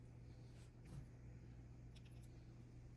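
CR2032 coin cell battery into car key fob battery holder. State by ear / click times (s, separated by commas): not seated / none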